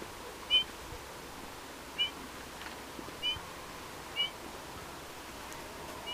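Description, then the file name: Eurasian bullfinch giving soft, short piping whistles, one roughly every one to two seconds, five notes in all over a steady low background hiss. "Pyrrhula pyrrhula"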